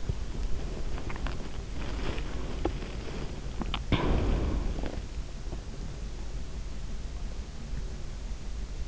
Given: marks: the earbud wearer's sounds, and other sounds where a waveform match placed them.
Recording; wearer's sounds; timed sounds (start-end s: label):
sounds in sleep by an in-ear microphone; body movement, swallowing
0.50-2.67 s: body movement
3.44-5.17 s: swallowing